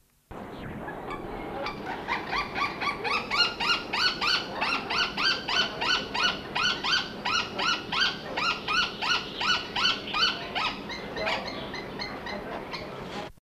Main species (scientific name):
Falco tinnunculus